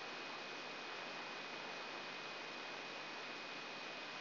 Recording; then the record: brain microelectrode recording played as sound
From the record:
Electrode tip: outside the subthalamic nucleus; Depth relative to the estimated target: 1 mm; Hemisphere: left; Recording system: AlphaMap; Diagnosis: Parkinson's disease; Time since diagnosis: 9 years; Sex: male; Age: 66 years